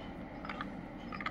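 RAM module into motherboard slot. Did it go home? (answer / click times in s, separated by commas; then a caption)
no / none. A second RAM module is handled and placed into its slot on a motherboard, with brief handling noises at about 0.6 s and 1.3 s. Nothing has seated or clicked yet; the module is not yet home when the clip ends.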